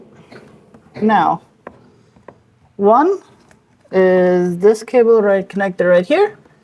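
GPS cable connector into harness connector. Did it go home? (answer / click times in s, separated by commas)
no / none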